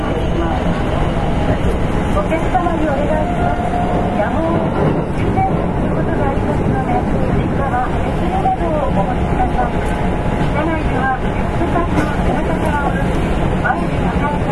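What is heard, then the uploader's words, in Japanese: Inside a moving electric train, a dense, steady rumble and clatter fills the low end throughout. A thin whining tone rides above it, with faint muffled voices. The loudness stays even with no clear stops. 近鉄7000系(初期GTO) コスモスクエアから生駒まで。近畿日本鉄道 7000系電車の走行音です。直通列車で録音しました。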